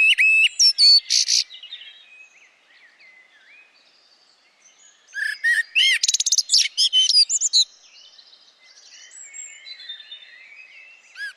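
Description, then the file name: Eurasian blackbird calling in two loud bursts of rapid, harsh chirps and whistles, separated by a stretch of faint, thin notes. "Turdus merula"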